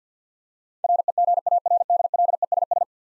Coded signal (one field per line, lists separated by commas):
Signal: Morse code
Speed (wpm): 46 wpm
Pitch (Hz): 700 Hz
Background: none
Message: REGARDLESS